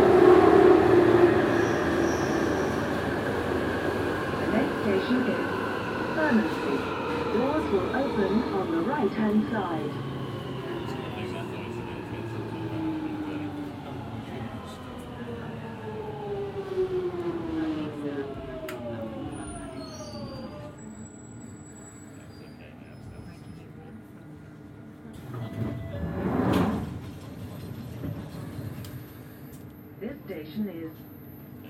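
A Tube train on the Jubilee Line slows down, its motor whine falling steadily in pitch over the first twenty seconds as the rumble eases. After it stops, a quieter hum remains, with a loud burst around twenty-six seconds, perhaps doors, and faint voices.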